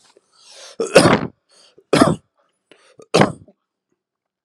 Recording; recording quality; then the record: heavy voluntary cough; excellent, no background noise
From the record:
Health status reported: healthy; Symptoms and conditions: diabetes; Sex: male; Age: 45 years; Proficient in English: yes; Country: India